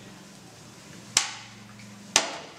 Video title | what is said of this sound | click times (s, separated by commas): Tυπογραφείον Μίμης Σουλιώτης | είναι έτοιμο για εκτύπωση. Κουμπώνει στη | 1.2 s, 2.2 s